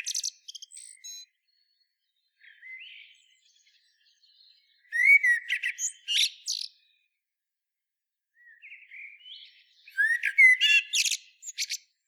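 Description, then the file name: Common blackbird song: low, fluty warbled phrases followed by high, squeaky twittering flourishes, delivered in bursts separated by short pauses. "Turdus merula"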